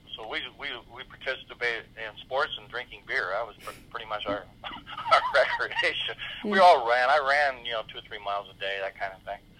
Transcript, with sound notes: So we participated in sports and drinking beer, that was pretty much our recreation. (laughs) We all ran. I ran two or three miles a day, that kind of thing.